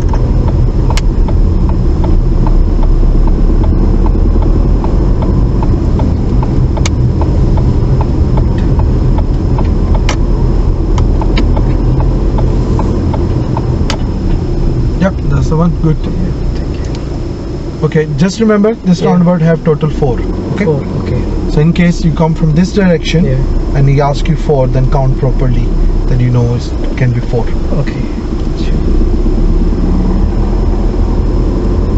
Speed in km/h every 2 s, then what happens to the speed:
15, 19, 23, 21, 19, 21, 18, 8, 0, 0, 6, 8, 6, 6, 8, 11.
0-3 speeds up to 23. 3-11 steady at about 21. 11-16 brakes to 0. 16-18 standing. 18-21 pulls away to 8. 21-32 steady at about 8.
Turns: 4-11.